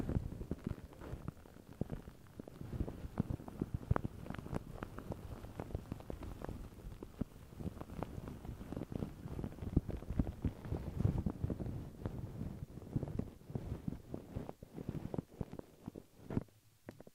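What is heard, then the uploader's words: Crinkling plastic and paper handled continuously, with dense, irregular rustles and sharp little crackles packed close together throughout. The sound sits mostly low to middle, with brighter clicks poking through, and a few louder snaps near four and eleven seconds. Crinkles, Plastic, Brush, Silicone, Glass, Paper.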